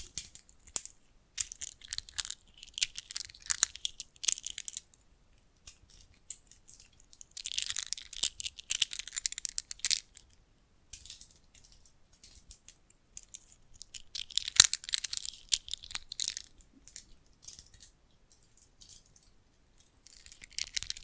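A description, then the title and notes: Bright metallic jingling of bracelets comes in bursts of shaking, around the start, near eight seconds and near fifteen, with quiet gaps between. ASMR Sensitive & Sleepy Triggers Bracelets and Jewelry Boxes (No Talking).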